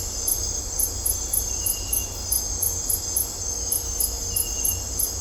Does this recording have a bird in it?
no